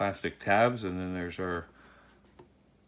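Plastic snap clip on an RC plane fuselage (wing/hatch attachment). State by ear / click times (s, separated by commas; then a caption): seated / 2.4 s. Someone talks, then at 2.4 s a plastic snap clip near the wing mounting tabs on the fuselage of a Volantex Trainstar Ascent 1400 mm wingspan RC plane is pressed closed with one short, quiet tick. The clip snaps shut and seats, attaching the part.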